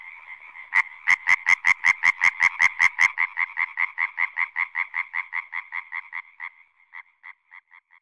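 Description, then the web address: European tree frog croaking in a fast regular series, a loud opening run of notes, then notes fading and slowing toward the end. "Fotoim Hangok Hyla arborea"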